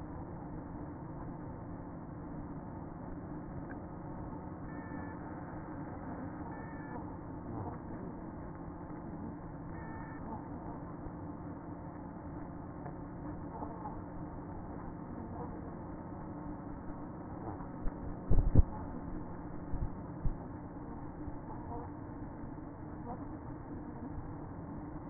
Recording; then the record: honeybee colony, microphone inside the hive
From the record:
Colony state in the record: queen present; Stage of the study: after two queens were removed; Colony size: about 60,000 bees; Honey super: yes